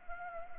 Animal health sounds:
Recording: mosquito wingbeat signal from an infrared sensor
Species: Anopheles gambiae

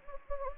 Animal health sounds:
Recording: mosquito wingbeat signal from an infrared sensor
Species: Anopheles gambiae

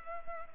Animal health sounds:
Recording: mosquito wingbeat signal from an infrared sensor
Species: Culex pipiens

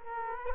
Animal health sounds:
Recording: mosquito wingbeat signal from an infrared sensor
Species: Culex quinquefasciatus

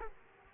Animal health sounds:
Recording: mosquito wingbeat signal from an infrared sensor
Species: Aedes aegypti

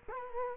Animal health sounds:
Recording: mosquito wingbeat signal from an infrared sensor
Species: Culex quinquefasciatus

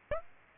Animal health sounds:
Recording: mosquito wingbeat signal from an infrared sensor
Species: Aedes aegypti

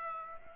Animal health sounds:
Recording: mosquito wingbeat signal from an infrared sensor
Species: Aedes aegypti

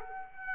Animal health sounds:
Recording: mosquito wingbeat signal from an infrared sensor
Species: Aedes aegypti

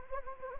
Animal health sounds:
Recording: mosquito wingbeat signal from an infrared sensor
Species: Anopheles gambiae

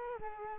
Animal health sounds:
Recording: mosquito wingbeat signal from an infrared sensor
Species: Culex quinquefasciatus

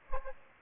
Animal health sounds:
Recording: mosquito wingbeat signal from an infrared sensor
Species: Aedes aegypti

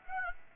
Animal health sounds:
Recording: mosquito wingbeat signal from an infrared sensor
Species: Aedes aegypti

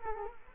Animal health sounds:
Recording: mosquito wingbeat signal from an infrared sensor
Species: Culex quinquefasciatus

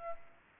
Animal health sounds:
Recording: mosquito wingbeat signal from an infrared sensor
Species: Aedes aegypti

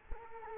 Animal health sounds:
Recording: mosquito wingbeat signal from an infrared sensor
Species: Culex quinquefasciatus

